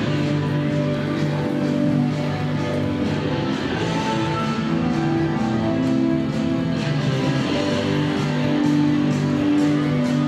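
Theme park sounds fill the air with a dense, steady layer of crowd chatter and voices that never lets up. Sustained tones and music-like notes run through the low and middle range, while brief brighter clatters and bursts pop up every second or two.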